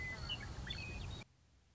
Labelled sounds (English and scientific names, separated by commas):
Western Meadowlark (Sturnella neglecta)